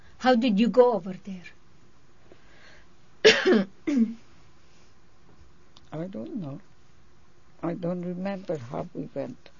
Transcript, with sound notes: How did you go over there? ( she coughs )
I don't know. I don't remember how we went.